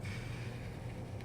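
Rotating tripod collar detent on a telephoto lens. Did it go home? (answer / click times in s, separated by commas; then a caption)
no / none. A rotating tripod collar on a telephoto lens is turned by hand toward its 90° detent, over a steady low hum with a brief faint tick near 1.2 s. Nothing has seated or clicked into the detent yet.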